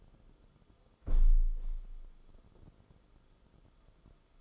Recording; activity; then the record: daily activity, microphone in the room; close window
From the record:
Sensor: 5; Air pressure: 994.4 hPa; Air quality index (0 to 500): 185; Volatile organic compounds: 1000 ppm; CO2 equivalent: 5459 ppm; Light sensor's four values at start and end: 9/22/9/10 and 9/21/8/9